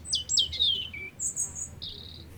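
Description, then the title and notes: European robin singing a short burst of thin, high, tinkling notes and trills, with falling slurs and a sustained very high whistled phrase. Robin singing close by, unafraid; Plage de Mémard, Aix-les-Bains, France; Zoom H4n Pro sheltered from the wind in the grass. "Plage de Mémard, 73100 Aix-les-Bains, France - Tout près. un rouge-gorge chante tout près et vient se poser à 2mètres échange de regards ,il n'est pas craintif, il rejoint son perchoir dans l'arbre et délivre une série de cliquetis"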